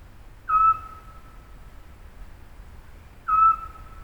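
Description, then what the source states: Eurasian scops owl giving two short, clear whistled notes, each a steady tone lasting about a quarter second, spaced nearly three seconds apart over quiet background. Recorded at Pfaffenhofen on 19 June 2015.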